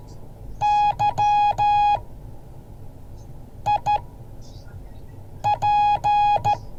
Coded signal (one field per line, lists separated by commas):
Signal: Morse code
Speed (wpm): 14 wpm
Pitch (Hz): 830 Hz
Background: music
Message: YIP